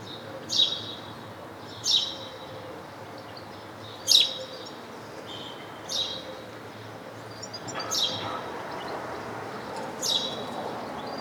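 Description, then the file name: House sparrow calling with sharp, clipped chirps spaced about two seconds apart, some louder than others, against constant background noise. "Passer domesticus"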